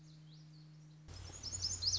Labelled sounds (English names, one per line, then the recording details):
Lazuli Bunting
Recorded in Sonoma County, California